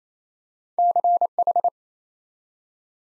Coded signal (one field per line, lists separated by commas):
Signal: Morse code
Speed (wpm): 27 wpm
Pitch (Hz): 700 Hz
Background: none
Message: CH